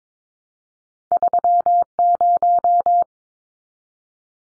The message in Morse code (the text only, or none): 30